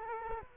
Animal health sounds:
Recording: mosquito wingbeat signal from an infrared sensor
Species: Culex quinquefasciatus

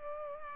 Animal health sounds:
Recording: mosquito wingbeat signal from an infrared sensor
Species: Culex pipiens

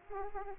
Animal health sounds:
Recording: mosquito wingbeat signal from an infrared sensor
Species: Aedes aegypti

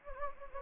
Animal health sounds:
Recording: mosquito wingbeat signal from an infrared sensor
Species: Anopheles gambiae

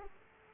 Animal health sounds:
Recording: mosquito wingbeat signal from an infrared sensor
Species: Aedes aegypti

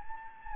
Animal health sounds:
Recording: mosquito wingbeat signal from an infrared sensor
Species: Anopheles gambiae

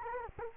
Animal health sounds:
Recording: mosquito wingbeat signal from an infrared sensor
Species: Culex quinquefasciatus

